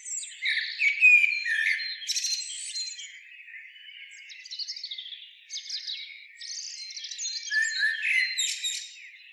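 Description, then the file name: Eurasian blackbird giving clustered bursts of harsh, clicking chatter separated by softer pauses, with a few sharp high squeaks. "Turdus merula"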